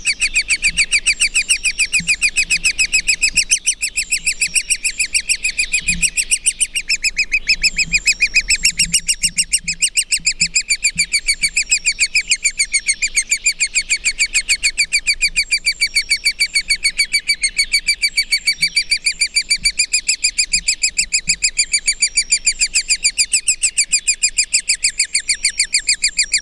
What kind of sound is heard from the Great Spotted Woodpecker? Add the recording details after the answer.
call. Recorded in the wild. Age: juvenile. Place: Krüseliner Mühle, Feldberger Seenlandschaft, Mecklenburg-Vorpommern, DE. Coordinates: 53.2711, 13.4233. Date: 2000-05-27. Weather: wolkenlos, 15°C. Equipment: Sony TCD-D8, Telinga Pro 5. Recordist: Frommolt, Karl-Heinz